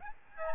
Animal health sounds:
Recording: mosquito wingbeat signal from an infrared sensor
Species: Aedes albopictus

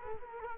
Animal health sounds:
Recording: mosquito wingbeat signal from an infrared sensor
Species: Culex quinquefasciatus

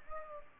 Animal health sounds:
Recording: mosquito wingbeat signal from an infrared sensor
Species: Culex pipiens

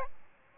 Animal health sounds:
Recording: mosquito wingbeat signal from an infrared sensor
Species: Aedes albopictus

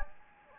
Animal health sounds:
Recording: mosquito wingbeat signal from an infrared sensor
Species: Anopheles gambiae

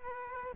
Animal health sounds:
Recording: mosquito wingbeat signal from an infrared sensor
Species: Aedes aegypti

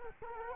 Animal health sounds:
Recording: mosquito wingbeat signal from an infrared sensor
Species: Culex quinquefasciatus

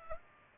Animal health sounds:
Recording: mosquito wingbeat signal from an infrared sensor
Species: Culex pipiens

